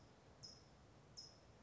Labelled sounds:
California Towhee
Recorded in Sonoma County, California

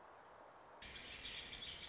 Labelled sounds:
Warbling Vireo
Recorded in Sonoma County, California

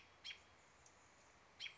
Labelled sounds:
American Robin
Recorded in Sonoma County, California

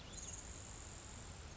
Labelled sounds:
Grasshopper Sparrow
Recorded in Sonoma County, California

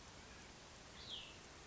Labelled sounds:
Cassin's Vireo
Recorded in Sonoma County, California

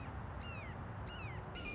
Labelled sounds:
Red-shouldered Hawk
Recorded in Sonoma County, California

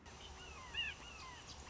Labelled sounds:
Red-shouldered Hawk
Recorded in Sonoma County, California

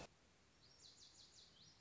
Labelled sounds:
Lazuli Bunting
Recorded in Sonoma County, California

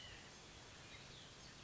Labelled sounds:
White-breasted Nuthatch
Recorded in Sonoma County, California

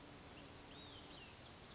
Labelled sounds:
Olive-sided Flycatcher
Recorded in Sonoma County, California

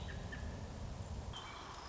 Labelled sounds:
American Robin
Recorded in Sonoma County, California

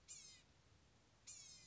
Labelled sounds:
Blue-gray Gnatcatcher
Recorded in Sonoma County, California

